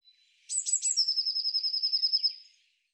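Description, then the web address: Bird song: a few high, sharp opening notes followed by a steady, rapid trill of repeated notes lasting about one and a half seconds, then fading out. "cianscape birddata Deverinetal 2025 File cleaned normalized Bird Cy Ca"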